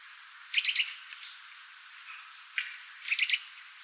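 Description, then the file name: Eurasian nuthatch calls: two quick groups of three sharp, high notes about two and a half seconds apart, with a couple of single notes between them over faint background hiss. "Sitta europaea"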